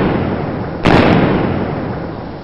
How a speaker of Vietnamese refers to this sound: Dứt tiếng, chàng cũng quay phát lưng lại và bắn ngược lại sau luôn hai phát.